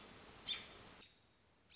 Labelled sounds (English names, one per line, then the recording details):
American Robin
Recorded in Sonoma County, California